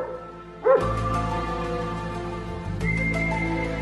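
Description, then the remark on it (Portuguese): A stray mongrel dog lets out one sharp, loud bark, then keeps up a long, drawn-out whine and whimper that wavers in pitch for several seconds, with no one talking. “Esse cachorro vira-lata aí não deve ter nada de interessante para falar, não.”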